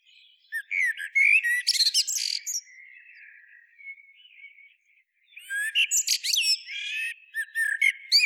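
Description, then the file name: Common blackbird producing bursts of sharp, high twittering and squeaky slurred notes, a quieter stretch with soft thin sounds, then another lively chattering burst. "Turdus merula"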